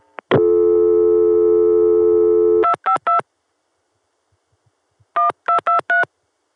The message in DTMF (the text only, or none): 252 1223